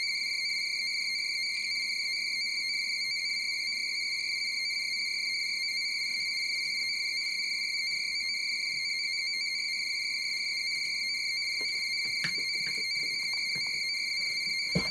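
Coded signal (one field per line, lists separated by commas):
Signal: NAVTEX (SITOR-B)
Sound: steady fast warbling two-tone chirping data, continuous throughout, with a faint hum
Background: clicks and room noise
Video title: Decoding NAVTEX Weather Broadcasts on an Android Device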